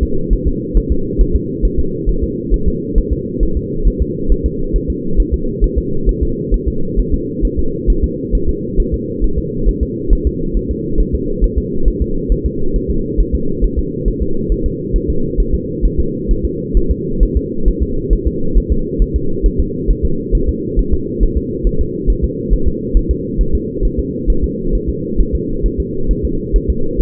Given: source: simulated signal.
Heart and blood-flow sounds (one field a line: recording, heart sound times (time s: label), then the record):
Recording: fetal heart sounds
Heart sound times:
0.03 s: S2
0.33 s: S1
0.47 s: S2
0.77 s: S1
0.92 s: S2
1.21 s: S1
1.36 s: S2
1.65 s: S1
1.79 s: S2
2.09 s: S1
2.24 s: S2
2.54 s: S1
2.68 s: S2
2.98 s: S1
3.13 s: S2
3.43 s: S1
3.57 s: S2
3.88 s: S1
4.02 s: S2
4.32 s: S1
4.46 s: S2
4.76 s: S1
4.90 s: S2
5.20 s: S1
5.34 s: S2
5.64 s: S1
5.78 s: S2
6.09 s: S1
6.23 s: S2
6.54 s: S1
6.68 s: S2
7.00 s: S1
7.14 s: S2
7.45 s: S1
7.59 s: S2
7.90 s: S1
8.04 s: S2
8.35 s: S1
8.49 s: S2
8.80 s: S1
8.94 s: S2
9.24 s: S1
9.38 s: S2
9.69 s: S1
9.83 s: S2
10.13 s: S1
10.27 s: S2
10.57 s: S1
10.71 s: S2
11.00 s: S1
11.15 s: S2
11.44 s: S1
11.58 s: S2
11.88 s: S1
12.02 s: S2
12.32 s: S1
12.46 s: S2
12.76 s: S1
12.91 s: S2
13.20 s: S1
13.35 s: S2
13.64 s: S1
13.79 s: S2
14.08 s: S1
14.22 s: S2
14.52 s: S1
14.66 s: S2
14.96 s: S1
15.10 s: S2
15.40 s: S1
15.54 s: S2
15.85 s: S1
16.00 s: S2
16.31 s: S1
16.45 s: S2
16.77 s: S1
16.91 s: S2
17.23 s: S1
17.37 s: S2
17.68 s: S1
17.83 s: S2
18.13 s: S1
18.27 s: S2
18.58 s: S1
18.72 s: S2
19.02 s: S1
19.16 s: S2
19.46 s: S1
19.60 s: S2
19.91 s: S1
20.05 s: S2
20.35 s: S1
20.49 s: S2
20.79 s: S1
20.94 s: S2
21.23 s: S1
21.38 s: S2
21.67 s: S1
21.81 s: S2
22.10 s: S1
22.24 s: S2
22.53 s: S1
22.68 s: S2
22.97 s: S1
23.11 s: S2
23.41 s: S1
23.55 s: S2
23.85 s: S1
23.99 s: S2
24.30 s: S1
24.44 s: S2
24.75 s: S1
24.89 s: S2
25.20 s: S1
25.35 s: S2
25.66 s: S1
25.80 s: S2
26.11 s: S1
26.25 s: S2
26.56 s: S1
26.70 s: S2
27.01 s: S1
From the record:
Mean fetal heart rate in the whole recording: 135 bpm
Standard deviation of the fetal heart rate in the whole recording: 3 bpm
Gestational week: 36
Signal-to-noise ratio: -8.1 dB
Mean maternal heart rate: 72 bpm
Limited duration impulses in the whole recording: absent